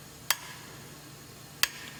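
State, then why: Torque reached. A small torque-limiting valve core tool tightens a new tire valve core into a tire valve stem, making two sharp, bright clicks at 0.3 s and 1.6 s against a quiet background. The tool reaches its torque spec and clicks, confirming the valve core is tight.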